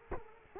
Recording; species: mosquito wingbeat signal from an infrared sensor; Culex quinquefasciatus